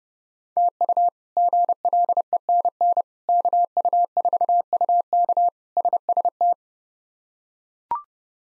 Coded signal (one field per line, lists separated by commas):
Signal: Morse code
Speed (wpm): 30 wpm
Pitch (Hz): 700 Hz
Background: none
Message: TU GLENN KU4UK SST